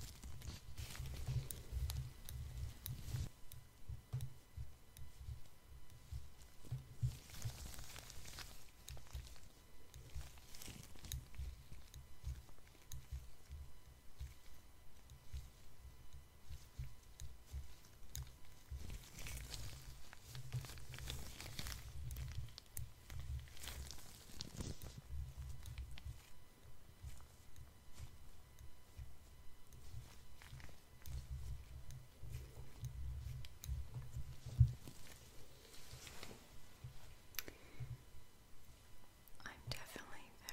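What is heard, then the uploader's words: Gloved hands brush and handle tweezers near a face, a steady low rubbing texture broken by brighter scratchy crackles every few seconds. ASMR Personal Attention Face Touching with Gloves Tweezers.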